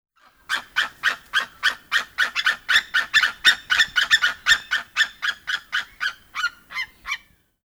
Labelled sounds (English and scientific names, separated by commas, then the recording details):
White-tailed Eagle (Haliaeetus albicilla)
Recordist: Tembrock, Günter
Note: Rufreihe eines Paares